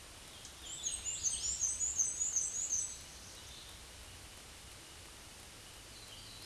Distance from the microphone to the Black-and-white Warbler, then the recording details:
about 20 m. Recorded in a Pennsylvania forest on 19 May 2023 at 20:33. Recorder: AudioMoth, point grid1_10_low. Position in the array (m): 40 m, 132 m